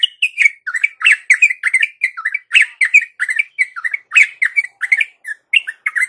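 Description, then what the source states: Yellow-vented bulbul song, a fast stream of bubbly, chattering notes repeated with short gaps; no other sounds. Tutor recording for training other birds; a champion bird's 'tembakan' song style.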